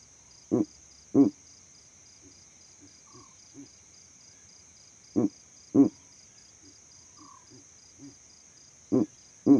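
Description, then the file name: An owl gives low, gruff double hoots repeated about every four seconds, with quieter low notes between pairs and a thin steady hiss behind. Owl calls at night. "Elijah Wagner - Calming Owl Calls at Night Pt 9"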